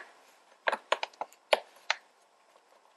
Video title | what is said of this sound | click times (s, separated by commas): Volkswagen Scirocco -Replacing the battery | Hear that click? | 0.9 s, 1.9 s